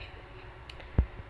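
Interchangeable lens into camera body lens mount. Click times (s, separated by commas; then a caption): 1.0 s. An interchangeable lens is lined up with the mount index on a digital camera body and turned crosswise in the lens mount until it locks. Faint ticks at 0.7 s and 0.8 s are followed by a sharp, low click at 1.0 s as the lens seats.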